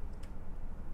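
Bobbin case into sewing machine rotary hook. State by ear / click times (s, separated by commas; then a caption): not seated / none. A metal bobbin case is pushed with a finger onto the post of the rotary hook of an industrial sewing machine, where a click would mean it is installed correctly. Faint, soft handling ticks sit over a steady low rumble. Nothing has seated or clicked yet.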